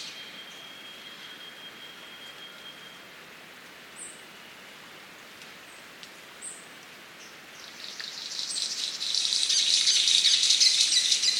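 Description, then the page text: King of Saxony bird-of-paradise call, a loud crackling hiss like radio static building over the last few seconds, after quiet high ticks and a thin steady whistle. "Чешуйчатая райская птица - King of Saxony Bird-of-paradise (Pteridophora alberti). The Birb"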